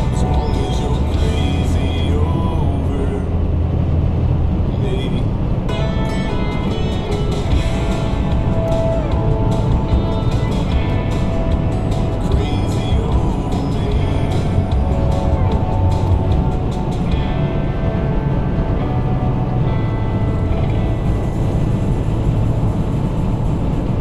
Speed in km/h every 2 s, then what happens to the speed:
137, 140, 140, 142, 143, 145, 145, 143, 142, 142, 143, 142.
0-9 speeds up to 145. 9-24 steady at about 143.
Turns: none.